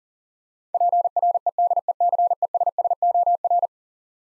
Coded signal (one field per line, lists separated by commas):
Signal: Morse code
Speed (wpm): 40 wpm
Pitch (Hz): 700 Hz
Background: none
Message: PREDECESSOR